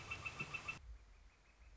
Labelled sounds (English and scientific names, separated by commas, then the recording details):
Northern Flicker (Colaptes auratus)
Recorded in Sonoma County, California